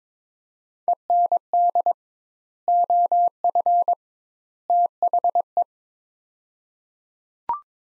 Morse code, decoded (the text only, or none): END OF THE